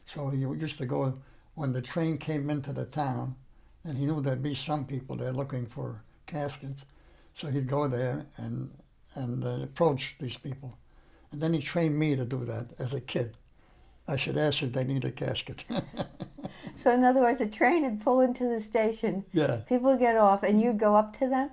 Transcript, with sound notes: So he used to go and, when the train came into the town and he knew there'd be some people there looking for caskets, so he'd go there and—and approach these people. And then he trained me to do that as a kid. I should ask if they need a casket. [laughs]
So in other words, a train'd pull into the station.
Yeah.
People would get off and you'd go up to them?